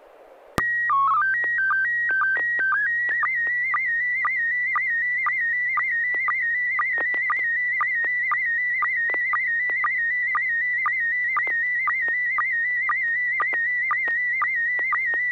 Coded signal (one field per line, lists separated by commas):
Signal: SSTV (slow-scan television)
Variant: PD 120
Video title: N6NA SSTV Net - 10/27/2021